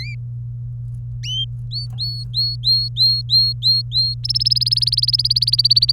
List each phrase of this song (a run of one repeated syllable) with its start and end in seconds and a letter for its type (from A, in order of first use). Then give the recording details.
0.00-0.15 A, 1.23-1.44 A, 1.71-4.14 A, 4.24-5.92 B. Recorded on 24 April 2018 at 11:57. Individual llb3